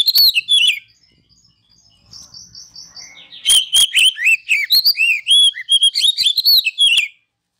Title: Masteran Kacer Yang Sukses Memancing Kacer Gacor Sampai Jadi Juara